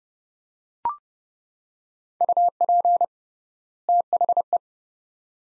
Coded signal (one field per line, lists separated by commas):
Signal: Morse code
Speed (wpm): 31 wpm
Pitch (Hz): 700 Hz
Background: none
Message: UP THE